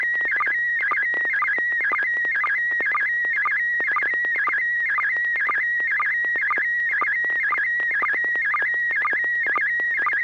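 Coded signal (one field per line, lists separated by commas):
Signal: SSTV (slow-scan television)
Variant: PD120 mode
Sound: steady warbling whistle near 2 kHz with rapid regular ticking chirps, like a theremin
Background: low steady hum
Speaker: well this is going to be on uh pd120 and if i can get the thing to quit switching we'll give it a shot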